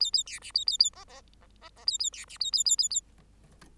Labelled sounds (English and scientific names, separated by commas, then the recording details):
Bengalese Finch (Lonchura striata domestica) song
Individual Bird8